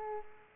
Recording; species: mosquito wingbeat signal from an infrared sensor; Aedes aegypti